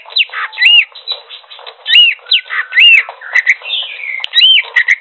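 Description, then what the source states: Greater green leafbird song of looping, arched whistles repeated several times, interspersed with sharper chirps and short buzzy notes. Song described as gacor.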